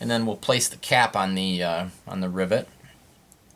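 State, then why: Partly seated. Someone talks, then a metal rivet cap is pressed by hand onto a rivet post through a Kydex holster shell, giving faint clicks at 3.3 s and 3.5 s. The cap clicks on but is not fully set: a small gap remains until it is flattened with a socket extension.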